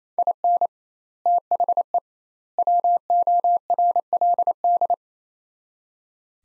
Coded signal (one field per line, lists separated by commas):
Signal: Morse code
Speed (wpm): 28 wpm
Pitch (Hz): 700 Hz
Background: none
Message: IN THE WORLD